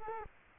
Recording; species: mosquito wingbeat signal from an infrared sensor; Culex quinquefasciatus